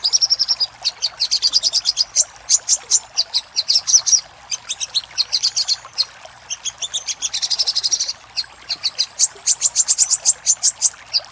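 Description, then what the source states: Little spiderhunter giving quick, high, clipped notes in uneven series, some merging into shrill rattling trills. Used for training cage birds.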